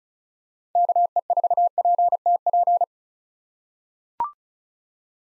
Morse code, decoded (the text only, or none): KE4PTP